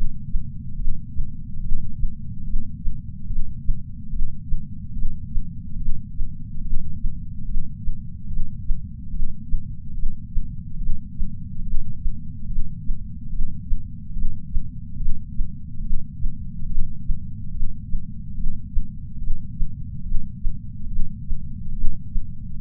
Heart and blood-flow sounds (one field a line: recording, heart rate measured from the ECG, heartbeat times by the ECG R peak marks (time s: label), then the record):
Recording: heart sounds by patch sensor on the chest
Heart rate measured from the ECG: 72 bpm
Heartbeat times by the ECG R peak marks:
0.76 s: heartbeat
1.60 s: heartbeat
2.44 s: heartbeat
3.27 s: heartbeat
4.10 s: heartbeat
4.93 s: heartbeat
5.77 s: heartbeat
6.62 s: heartbeat
7.45 s: heartbeat
8.28 s: heartbeat
9.11 s: heartbeat
9.94 s: heartbeat
10.78 s: heartbeat
11.62 s: heartbeat
12.47 s: heartbeat
13.30 s: heartbeat
14.13 s: heartbeat
14.97 s: heartbeat
15.81 s: heartbeat
16.66 s: heartbeat
17.51 s: heartbeat
18.35 s: heartbeat
19.18 s: heartbeat
20.03 s: heartbeat
20.87 s: heartbeat
21.73 s: heartbeat
22.57 s: heartbeat
From the record:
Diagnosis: coronary artery disease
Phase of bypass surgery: intraoperative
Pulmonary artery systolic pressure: 29 mmHg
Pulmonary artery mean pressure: 19 mmHg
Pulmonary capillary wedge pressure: 12 mmHg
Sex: female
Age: 65 years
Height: 153 cm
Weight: 51.5 kg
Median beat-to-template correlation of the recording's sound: 0.95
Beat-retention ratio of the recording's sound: 0.99